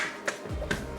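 A plastic lid is twisted to lock onto a blender pitcher, giving short plastic clicks at 0.3 s and 0.7 s over background music. The lid locks in place.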